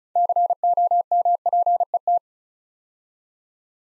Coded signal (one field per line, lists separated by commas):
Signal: Morse code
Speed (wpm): 36 wpm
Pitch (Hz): 700 Hz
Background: none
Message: COMPET